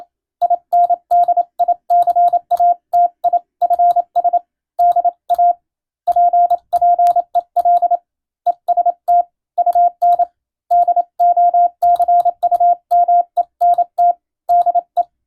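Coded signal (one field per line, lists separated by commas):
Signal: Morse code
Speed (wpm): 27 wpm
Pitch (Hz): 700 Hz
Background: radio noise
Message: INDICATIFS DAPPEL EST UN DOCUMENT DE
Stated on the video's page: Morse receiving practice of plain-language radiotelegrams following the radiotelegraph operator national exam format.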